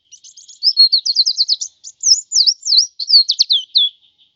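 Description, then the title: White-eye warbling song: a continuous string of high, looping, up-and-down slurred notes, clear against a silent background. "Suara burung pleci"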